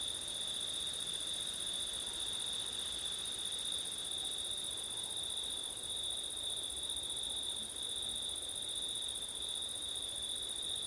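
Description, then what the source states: Unvarying cricket trilling fills the whole stretch, a bright high tone plus shimmering overtone layer, over a soft background hiss. Crickets on a September night, with wind; ortif (ORTF) microphone setup.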